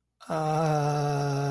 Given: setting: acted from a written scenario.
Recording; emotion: vocal sound without words; embarrassment